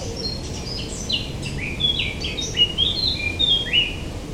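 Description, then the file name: Eurasian blackcap song: a quick jumble of high chattering notes that gives way to louder, clearer whistles, over constant low background noise. "Sylvia atricapilla"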